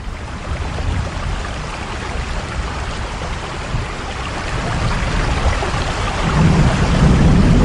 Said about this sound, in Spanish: Vaya jarra de agua que está cayendo.